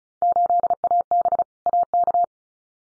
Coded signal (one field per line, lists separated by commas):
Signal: Morse code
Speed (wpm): 34 wpm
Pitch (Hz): 700 Hz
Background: none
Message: 8AB AK